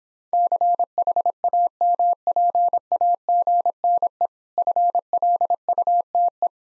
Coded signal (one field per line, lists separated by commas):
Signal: Morse code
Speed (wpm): 26 wpm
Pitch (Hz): 700 Hz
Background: none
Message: CHAMPAGNE FLUTE